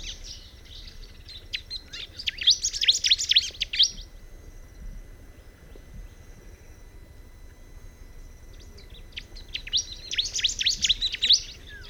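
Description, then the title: Bar-winged prinia song in two dense bursts of rapid, high chirping, separated by several seconds of near quiet. "Ciblek Pro"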